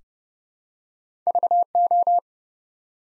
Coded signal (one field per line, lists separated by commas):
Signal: Morse code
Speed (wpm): 30 wpm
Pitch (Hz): 700 Hz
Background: none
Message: VO